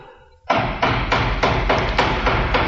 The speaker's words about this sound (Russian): Ай, кого-то черти принесли. Кто там? Кто стучит?